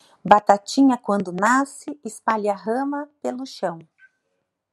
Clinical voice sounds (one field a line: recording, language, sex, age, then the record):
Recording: short text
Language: Brazilian Portuguese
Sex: female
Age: 50 to 59 years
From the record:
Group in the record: control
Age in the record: 51 years